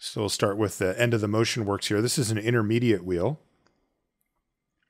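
During reassembly of a vintage Universal Geneve gold automatic dress watch movement, a small steel cannon pinion is handled before being pressed onto the center arbor of the motion works. Someone talks until about 3.4 s, followed by near silence with two faint ticks at about 3.7 s and 4.2 s. Nothing has seated or clicked into place yet.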